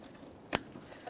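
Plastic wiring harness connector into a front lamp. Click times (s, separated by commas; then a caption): 0.6 s. A plastic wiring harness connector is pressed up into its socket on a front lamp behind the grille area of a 2011–2021 Jeep Grand Cherokee. A single sharp, bright click at 0.6 s stands out over faint background noise as the connector seats. It is then tugged to check that it is secure and locked with a red tab.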